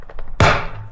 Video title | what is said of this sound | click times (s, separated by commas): Muth Mirrors, Let's get them on the bike !!! | And you hear that snap? | 0.4 s